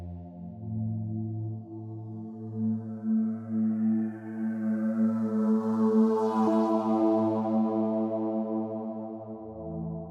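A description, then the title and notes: A Tibetan meditation drone holds a steady, deep tone layered with many ringing overtones. Around the middle the upper tones swell brighter and shimmer, then ease back, while the low hum wavers slightly near the end. Tibetan meditation alpha wave 11hz for relaxed focus.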